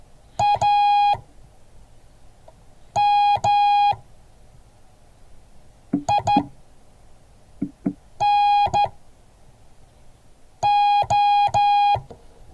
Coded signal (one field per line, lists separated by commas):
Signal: Morse code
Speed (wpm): 12 wpm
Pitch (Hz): 820 Hz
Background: none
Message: AMINO